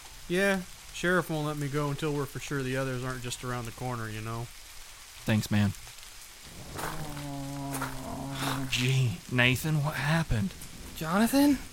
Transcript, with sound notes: Yeah, Sheriff won't let me go until we're for sure the others aren't just around the corner, you know. Thanks, man. (Groaning) Gee, Nathan, what happened? Jonathan?